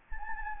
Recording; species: mosquito wingbeat signal from an infrared sensor; Anopheles gambiae